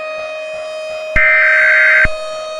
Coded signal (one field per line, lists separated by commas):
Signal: Emergency Alert System (SAME) tones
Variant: header bursts